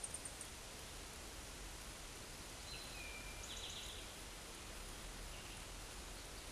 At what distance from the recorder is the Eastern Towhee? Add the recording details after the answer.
about 50 m. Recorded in a Pennsylvania forest on 17 May 2023 at 13:14. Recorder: AudioMoth, point grid1_13_low. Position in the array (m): 119 m, 84 m